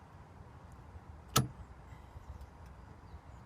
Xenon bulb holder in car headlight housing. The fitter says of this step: lightbulb box, twist it counterclockwise. You'll hear a snap.